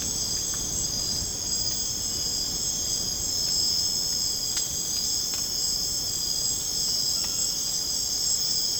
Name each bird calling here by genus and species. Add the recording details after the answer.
none. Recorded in dense forest near Puerto Asís, Putumayo, Colombia, on 30 June 2025 at 22:30. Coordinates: 0.486, -76.317. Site G065